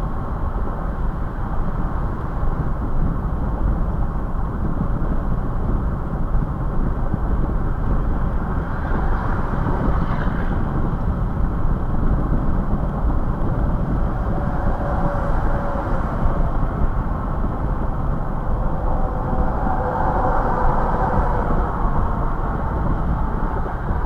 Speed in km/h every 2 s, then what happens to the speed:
105, 103, 103, 105, 105, 105, 105, 105, 105, 105, 105, 98.
0-20 steady at about 105. 20-24 slows to 98.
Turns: none.